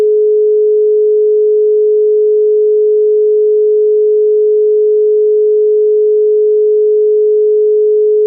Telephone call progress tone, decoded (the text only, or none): dial tone